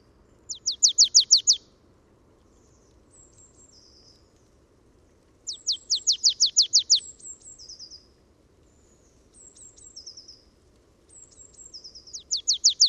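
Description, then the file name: Marsh tit calling: loud rapid bursts of sharp repeated notes every few seconds, with softer high slurred notes between, over low background noise. "Poecile palustris"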